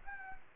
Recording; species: mosquito wingbeat signal from an infrared sensor; Anopheles gambiae